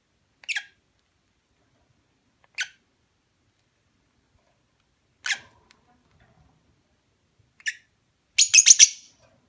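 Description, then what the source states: Lovebird chirps, thin single notes spaced a few seconds apart, ending in a sudden quick burst of rapid harsh chirps. Mating call.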